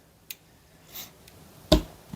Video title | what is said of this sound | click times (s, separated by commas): ROKR AK-47 Assault Rifle Stained (Extended Version) Complete Build & Review | to make sure that it you hear that click | 0.3 s, 1.7 s